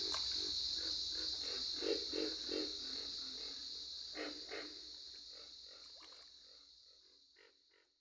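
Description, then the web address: Pig frog grunting in fast low pulses, several per second, fading away toward the end while a high drone continues. "Dan Gibson's Solitudes Frog Song. Pig Frog"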